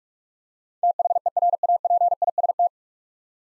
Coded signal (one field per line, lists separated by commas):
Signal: Morse code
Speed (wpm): 44 wpm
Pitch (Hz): 700 Hz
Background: none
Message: THERAPIST